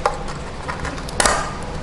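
Plastic shroud panels on a Permobil M3 power wheelchair base are worked loose from both sides until they pop out. A sharp plastic snap sounds at 0.1 s, then a loud pop at 1.2 s with a quick second knock just after, as the panel releases and all three shroud panels are out.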